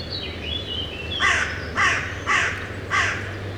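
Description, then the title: Carrion crow giving four harsh, hoarse caws spaced about half a second apart, preceded by thin twittering from small birds, over a low steady hum. Carrion crows on the banks of the Rhône at Les Avenières Veyrins-Thuellin, France; recorded with a stereo parabolic microphone (EM172) and a Zoom H4n pro. "Bord de Rhône - Les Avenières Veyrins-Thuellin, France - Corbacs are back. no ! Corneilles have nails !!!"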